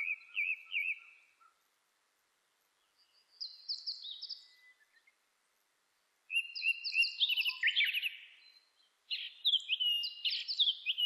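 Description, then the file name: Japanese thrush singing short, varied whistled phrases with brief pauses between them; notes slide and trill, ending with a longer rich run of phrases. Recorded 26 April 2006. "060426 kurotugumi"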